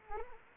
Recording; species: mosquito wingbeat signal from an infrared sensor; Anopheles arabiensis